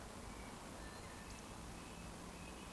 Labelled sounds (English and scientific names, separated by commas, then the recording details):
Eurasian Woodcock (Scolopax rusticola) whistle
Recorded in Baden-Württemberg, Germany, on 23 June 2020 at 19:55 UTC
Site 14569, 102 m above sea level